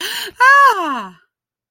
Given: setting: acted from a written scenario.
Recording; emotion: vocal sound without words; positive surprise